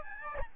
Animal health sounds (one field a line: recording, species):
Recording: mosquito wingbeat signal from an infrared sensor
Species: Aedes albopictus